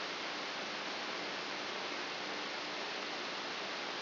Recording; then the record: brain microelectrode recording played as sound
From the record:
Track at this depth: inside the subthalamic nucleus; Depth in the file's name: 1.227 mm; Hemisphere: left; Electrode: 3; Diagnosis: Parkinson's disease